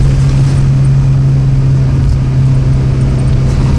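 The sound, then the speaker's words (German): A car engine roars at high revs, a loud, steady low-pitched drone that holds constant without easing off for the whole stretch, as the car goes too fast and the driver cannot brake; no voices over it. “Runterschalten. Du musst mit dem Motor bremsen.”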